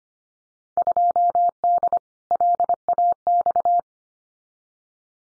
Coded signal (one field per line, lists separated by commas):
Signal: Morse code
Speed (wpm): 25 wpm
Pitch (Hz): 700 Hz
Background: none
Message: 2D LAX